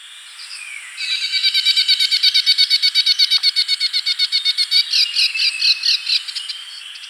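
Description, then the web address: Grass-green tanager delivering a long, rapid series of nasal, harmonic notes lasting about five seconds. Recorded in Ecuador. "Birds of Ecuador. Grass-Green Tanager"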